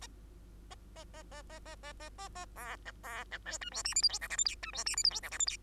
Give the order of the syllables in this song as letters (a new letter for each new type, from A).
A A A A A A A A A A B C B C D E F G H I J K L M N E F G H I J K L M N